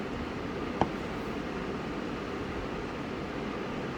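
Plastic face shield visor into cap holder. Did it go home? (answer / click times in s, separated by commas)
yes / 0.8 s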